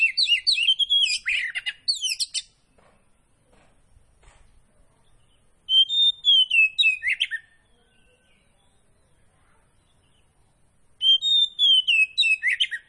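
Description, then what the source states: Magpie-robin song: three loud phrases of whistles mixed with sharp chirps, spaced by silent gaps of several seconds. Kacer Poci variety; singing gacor, meaning vigorously.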